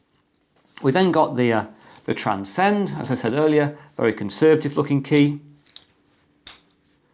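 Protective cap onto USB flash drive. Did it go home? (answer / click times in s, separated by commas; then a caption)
yes / 6.5 s. Someone talks, then the plastic cap is pushed back onto the end of a Transcend USB 3.0 flash drive with a conservative-looking design, with a few faint handling ticks around 5.7–6.1 seconds. The cap snaps into place with a sharp, solid click at 6.5 seconds, seating firmly so it won't come off.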